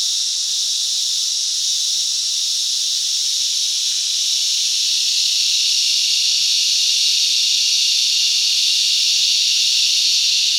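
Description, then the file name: Cicadas and crickets droning, a dense unbroken hissing buzz that holds steady throughout with a faint rapid pulsing. Cicadas and crickets on a summer day in Australia. "zapsplat animals insects cicada crickets summer day australia"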